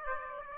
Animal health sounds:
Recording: mosquito wingbeat signal from an infrared sensor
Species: Aedes aegypti

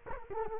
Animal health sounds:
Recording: mosquito wingbeat signal from an infrared sensor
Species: Culex quinquefasciatus

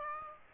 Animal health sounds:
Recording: mosquito wingbeat signal from an infrared sensor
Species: Aedes aegypti

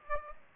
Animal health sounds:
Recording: mosquito wingbeat signal from an infrared sensor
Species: Aedes aegypti

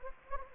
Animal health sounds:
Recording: mosquito wingbeat signal from an infrared sensor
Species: Anopheles gambiae

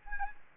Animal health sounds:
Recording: mosquito wingbeat signal from an infrared sensor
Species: Culex quinquefasciatus

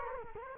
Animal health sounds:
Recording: mosquito wingbeat signal from an infrared sensor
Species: Culex quinquefasciatus

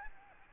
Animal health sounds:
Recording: mosquito wingbeat signal from an infrared sensor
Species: Aedes albopictus

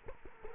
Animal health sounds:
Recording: mosquito wingbeat signal from an infrared sensor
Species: Culex quinquefasciatus

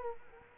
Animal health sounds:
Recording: mosquito wingbeat signal from an infrared sensor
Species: Culex quinquefasciatus

